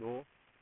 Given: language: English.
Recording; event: throat vibration sensor signal played as sound; speech